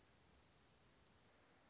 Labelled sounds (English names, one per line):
Orange-crowned Warbler